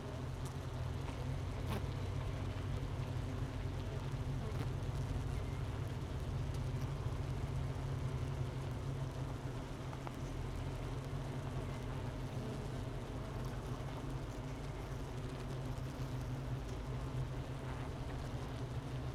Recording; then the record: honeybee colony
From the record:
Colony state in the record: missing queen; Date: 31 May 2018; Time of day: 10:44